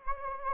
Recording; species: mosquito wingbeat signal from an infrared sensor; Anopheles gambiae